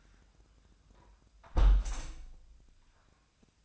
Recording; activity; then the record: daily activity, microphone in the room; close window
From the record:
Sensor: 2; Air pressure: 1004.5 hPa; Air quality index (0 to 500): 116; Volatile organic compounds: 3 ppm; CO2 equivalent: 1410 ppm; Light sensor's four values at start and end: 6/14/6/6 and 6/14/5/6